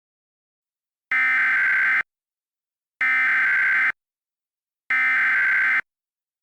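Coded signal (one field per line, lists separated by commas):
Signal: Emergency Alert System (SAME) tones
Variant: header bursts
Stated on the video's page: Remade mock of a 2016 Pinellas County waterspout/tornado warning using synthesized voices, with changed end time and originator.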